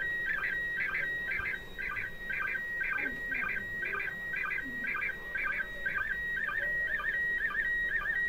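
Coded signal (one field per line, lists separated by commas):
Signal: SSTV (slow-scan television)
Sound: warbling electronic tone repeating about twice a second with short low sync blips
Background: radio static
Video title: Women in space ISS SSTV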